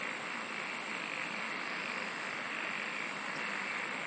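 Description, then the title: Insect trill, very high and rapid, for under two seconds, over a dense, even buzzing chorus. "SINGING OF INSECTS"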